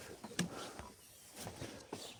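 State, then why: Seated. During refitting of the cylinder head on a DS3's 1.6 HDi 92 hp engine after a leak, a connector on the engine harness is seated and its lock tab pressed down. A sharp click at 0.4 s marks the lock engaging, followed by softer handling knocks around 0.8 s and 1.9 s. The connector is locked in place.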